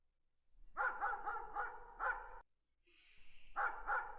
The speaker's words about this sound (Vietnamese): Con chó mực sủa inh ỏi ngoài cửa, biết có người đang đến, ông Bảy Cư liền ra đón.